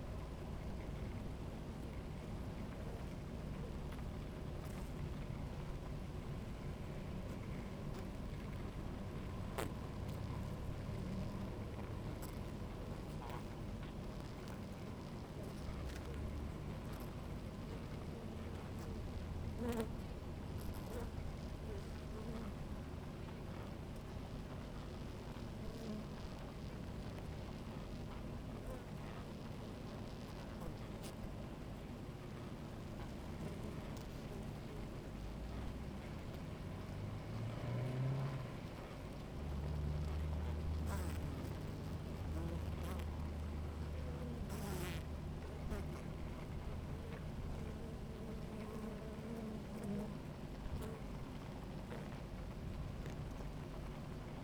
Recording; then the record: honeybee colony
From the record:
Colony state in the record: active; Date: 28 July 2017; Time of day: 16:57